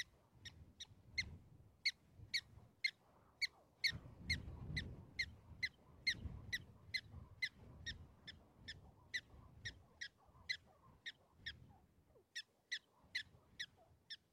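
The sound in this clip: Prairie dog chirps, quick high notes repeated about twice a second, with a short pause near the end and low rumbling background noise.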